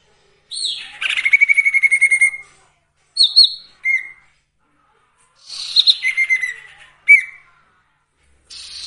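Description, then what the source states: Sirtu song: a rapid buzzy trill, then short whistled notes, then a chattering phrase and a brief whistle, each separated by short silences. Masteran (training) recording of sirtu song with full variations, used for training songbirds.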